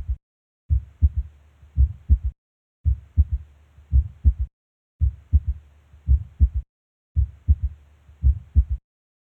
Third Heart Sound S3 Physiologic.